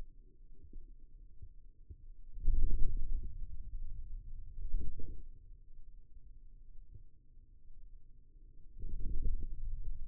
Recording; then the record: forearm muscle sounds (acoustic myography)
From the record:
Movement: wrist extension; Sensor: system 2, bracelet of six BSWA MPA416 microphones around the upper forearm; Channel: 3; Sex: male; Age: 22 years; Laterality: right